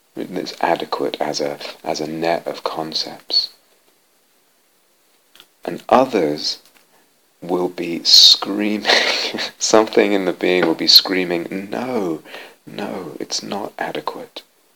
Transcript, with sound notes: It's adequate as a net of concepts." And others will be screaming. [laughs] Something in the being will be screaming, "No! No. It's not adequate.